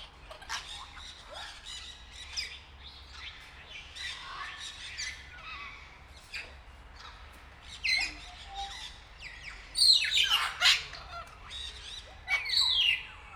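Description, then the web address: Grey parrot giving a busy run of harsh squawks and short whistled notes, with louder screeching bursts near the end. Captive bird at a zoo in Nyíregyháza, 2019. "jako papagaj hosszabban nyiregyhaza"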